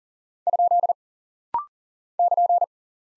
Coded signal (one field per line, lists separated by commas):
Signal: Morse code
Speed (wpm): 42 wpm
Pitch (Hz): 700 Hz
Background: none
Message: ? <KN>